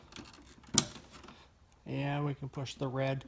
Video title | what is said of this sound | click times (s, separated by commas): VW Golf GTI R MK7 Euro Tail Light Oversized Reverse LED Bulb Mod | push it in until it snaps and | 0.8 s